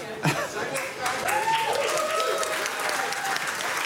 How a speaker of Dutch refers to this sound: Lekker veel klappen. Ja, echt veel klappen de hele tijd om alles.